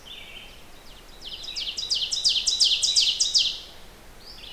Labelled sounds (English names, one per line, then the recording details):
Ovenbird song
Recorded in boreal forest in Alberta, Canada, on 16 June 2016 at 08:10
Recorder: SongMeter 3, array SBT-3-32
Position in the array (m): 111 m, 154 m
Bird 37